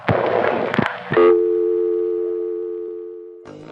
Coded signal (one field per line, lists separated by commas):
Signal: telephone call progress tone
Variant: North America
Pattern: dial tone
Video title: What Was 4-5-0? part 3: Getting Into the Test Lines & Mechanical Tones of the NY Area, 1971-77